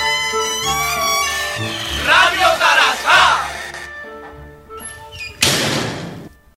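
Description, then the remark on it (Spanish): A shop door slides open with a short, loud whooshing burst near the end, following steady musical tones and a stretch of cheering voices. “Se abre la puerta del local.”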